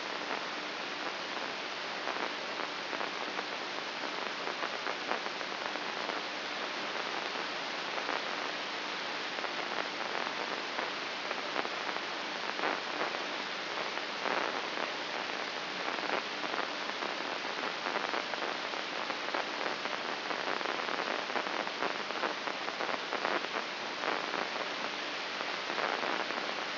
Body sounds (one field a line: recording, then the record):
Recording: brain microelectrode recording played as sound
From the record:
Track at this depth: inside the subthalamic nucleus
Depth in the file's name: 7.043 mm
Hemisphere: left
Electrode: 2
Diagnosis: Parkinson's disease